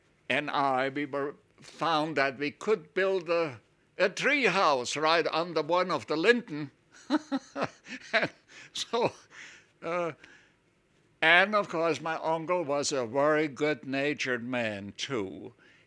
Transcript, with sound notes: and I we were, found that we could build a tree house right under one of the linden. (he laughs) And so, and, of course, my uncle was a very good natured man, too.